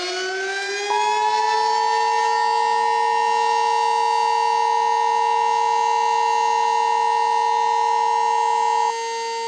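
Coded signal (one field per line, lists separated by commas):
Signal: Emergency Alert System (SAME) tones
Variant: 853 and 960 Hz attention tone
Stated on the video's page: Fictional EAS scenario, simulated.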